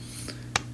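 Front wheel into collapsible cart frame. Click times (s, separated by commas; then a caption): 0.6 s. A front wheel is pushed in with its red buttons and snapped into a collapsible Antifir cart frame beside the handle. A faint rubbing sound and a small tick at 0.3 seconds come before a sharp, bright snap at 0.6 seconds. The wheel seats and falls right into place.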